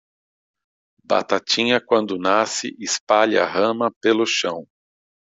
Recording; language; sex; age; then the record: short text; Brazilian Portuguese; male; 50 to 59 years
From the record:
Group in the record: control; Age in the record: 59 years